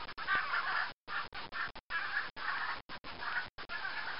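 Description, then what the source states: Macaw squawks: harsh, raspy calls in short bursts separated by brief silences, several outbursts in quick succession. Sampled in 1996.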